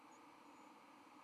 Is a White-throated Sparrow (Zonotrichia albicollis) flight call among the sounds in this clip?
no